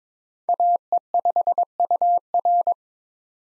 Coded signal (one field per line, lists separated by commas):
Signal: Morse code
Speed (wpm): 22 wpm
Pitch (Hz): 700 Hz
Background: none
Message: AE5UR